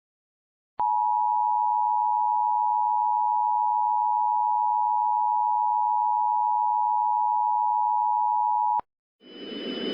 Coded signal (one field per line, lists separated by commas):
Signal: Emergency Alert System (SAME) tones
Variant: 853 and 960 Hz attention tone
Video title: EAS Mock: Immediate Evacuation for New Mexico